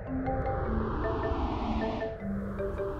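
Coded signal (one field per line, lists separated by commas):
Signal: none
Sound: music beeps in cartoon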